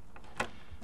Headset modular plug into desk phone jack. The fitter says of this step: Jack it in, wait for the click. You're set.